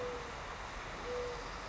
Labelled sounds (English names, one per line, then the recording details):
Mourning Dove
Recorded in Sonoma County, California